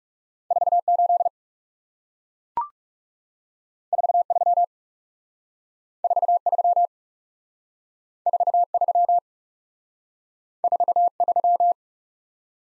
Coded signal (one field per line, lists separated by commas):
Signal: Morse code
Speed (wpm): 37 wpm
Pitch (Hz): 700 Hz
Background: none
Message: 4 8 4 3 4 3 4 3 4 3